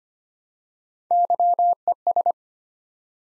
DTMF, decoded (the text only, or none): none